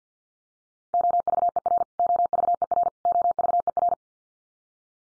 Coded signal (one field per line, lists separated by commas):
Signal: Morse code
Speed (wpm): 50 wpm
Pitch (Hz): 700 Hz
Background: none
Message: OVER OVER OVER